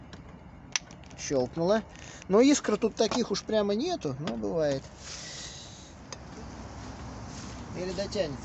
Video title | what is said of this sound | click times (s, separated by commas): Обзор электромотоцикла #Simargl V5 | вот сюда сейчас щелкнет щелкнуло | 0.8 s